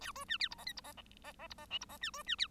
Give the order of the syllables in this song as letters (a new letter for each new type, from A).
A B C D E F G E F F F E F H E F C B C D